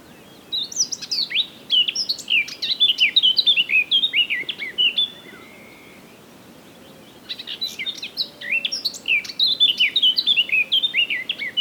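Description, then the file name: Eurasian blackcap giving two long warbled phrases of hurried, chattering notes that rise and fall, separated by a short silence. "Sylvia atricapilla"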